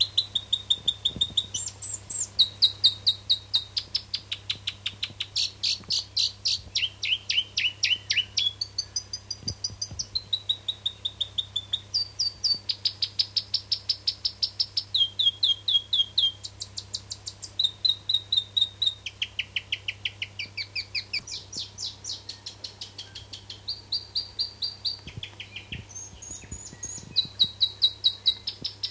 New Zealand robin/toutouwai song.